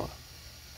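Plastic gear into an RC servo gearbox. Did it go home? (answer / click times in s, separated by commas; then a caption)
no / none. A plastic gear is handled while being fitted onto the gear stack of an RC steering servo gearbox that is being rebuilt into a winch. A brief low handling rustle at the start fades into quiet, steady low-frequency background noise. Nothing has seated or clicked yet.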